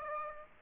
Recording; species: mosquito wingbeat signal from an infrared sensor; Aedes aegypti